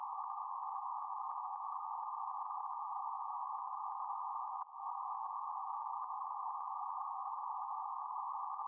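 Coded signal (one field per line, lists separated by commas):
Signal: PSK31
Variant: BPSK31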